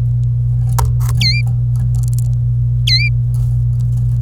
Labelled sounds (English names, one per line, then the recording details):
Domestic Canary song
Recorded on 26 April 2018 at 07:40
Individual llb3